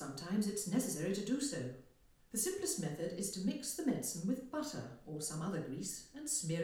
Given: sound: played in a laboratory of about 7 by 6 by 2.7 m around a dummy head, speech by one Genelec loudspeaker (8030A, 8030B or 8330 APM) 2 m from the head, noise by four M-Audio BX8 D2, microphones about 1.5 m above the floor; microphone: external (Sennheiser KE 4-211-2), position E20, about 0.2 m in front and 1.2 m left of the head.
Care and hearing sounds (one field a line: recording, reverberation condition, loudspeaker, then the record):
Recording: female speech in English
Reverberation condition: medium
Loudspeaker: 30 degrees to the right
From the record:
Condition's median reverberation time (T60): about 510 ms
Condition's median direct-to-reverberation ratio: about -0.5 dB